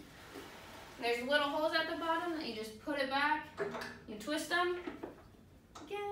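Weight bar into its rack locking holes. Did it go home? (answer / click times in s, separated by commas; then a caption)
no / none. After the lunges, a weight bar is put back on its rack, lined up with the little holes at the bottom and twisted, while someone talks. The bar has not yet snapped into its lock, so nothing has seated or clicked yet in this clip.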